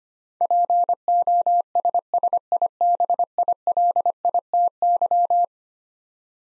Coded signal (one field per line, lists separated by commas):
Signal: Morse code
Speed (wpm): 25 wpm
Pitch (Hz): 700 Hz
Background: none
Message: POSSIBILITY